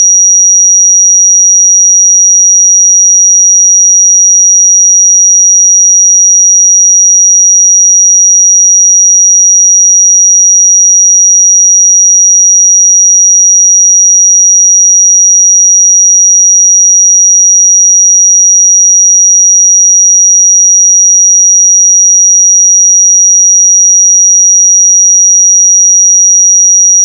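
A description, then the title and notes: A pure sine tone holds at 5756 Hz for the whole clip, a single thin, bright pitch with no wavering. The level stays perfectly constant from start to finish, and nothing else is heard beneath it, no noise and no other sounds. 5756 Hz 1 Hz Interval Sine Pure Tone Frequency 441000 Sample Mono.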